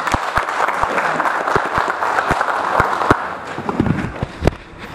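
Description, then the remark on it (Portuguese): An audience at a conference on the informal sector applauds steadily for about five seconds as a speaker is invited to the panel table, a dense wash of many hands clapping with a few sharper, louder claps standing out before it begins to thin at the end. “Já peço um salve de palmas.”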